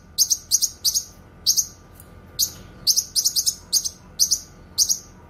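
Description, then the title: Streaked spiderhunter giving loud, high, sharp notes, single, doubled and tripled, in short groups over a faint hum. Bird singing actively, clear and long; used for tutoring other birds. "Pijantung Gunung Gacor Jernih Panjang"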